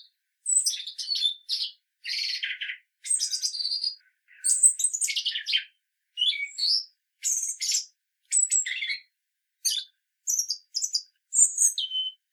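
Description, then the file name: European robin in continuous rapid song, tumbling high twitters and sweet whistles in dense, quickly changing phrases with very short pauses. "Erithacus rubecula"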